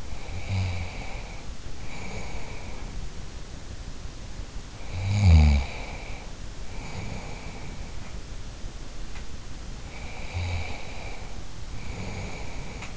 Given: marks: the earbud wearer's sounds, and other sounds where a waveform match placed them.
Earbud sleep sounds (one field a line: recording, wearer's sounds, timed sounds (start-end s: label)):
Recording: sounds in sleep by an in-ear microphone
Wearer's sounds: snoring breath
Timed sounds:
0.00-3.14 s: snoring breath
4.73-7.96 s: snoring breath
9.72-12.97 s: snoring breath